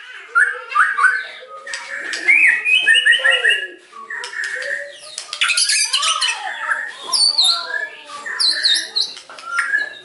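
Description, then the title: White-rumped shama: songbird singing in a harsh, busy medley of chattering notes, squeaks and whistles, varied and continuous throughout. White-rumped shama singing energetically (gacor), used as a lure (pancingan) to provoke a response from other birds. "PANCINGAN MEWAH MURAI BATU GACOR"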